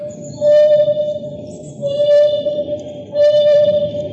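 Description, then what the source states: African wild dog howling: steady, hooting tonal notes held about a second each, repeated roughly every one and a half seconds, over a low background rumble. Captive in a zoo in San Diego, separated from the rest of its pack for medical treatment, howling mournfully.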